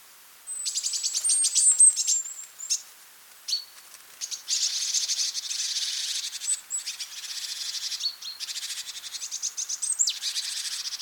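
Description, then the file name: Great tit giving harsh, rapid chattering rattles mixed with thin high whistled notes. "Parus major"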